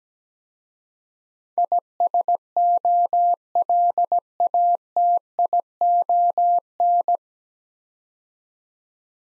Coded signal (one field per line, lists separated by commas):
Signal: Morse code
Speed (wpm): 17 wpm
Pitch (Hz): 700 Hz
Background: none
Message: ISOLATION